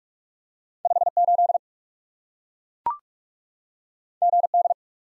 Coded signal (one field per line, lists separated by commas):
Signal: Morse code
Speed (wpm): 44 wpm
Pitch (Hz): 700 Hz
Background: none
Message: 5 8 G D